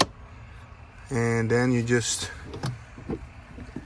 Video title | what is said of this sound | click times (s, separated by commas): HOW TO CHANGE THE AIR FILTER AND CABIN AIR FILTER IN YOUR CAR, TRUCK OR SUV! | put the new one in then slide this back in clicks into place and | 0.0 s